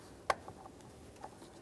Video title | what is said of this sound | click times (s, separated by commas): How to Change Engine Oil 2011-2021 Jeep Grand Cherokee | press it in listen for a click give it a tug to make sure it's properly secured | 0.3 s